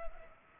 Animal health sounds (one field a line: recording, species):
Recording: mosquito wingbeat signal from an infrared sensor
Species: Culex pipiens